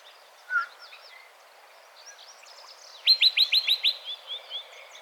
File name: Yellow breasted Chat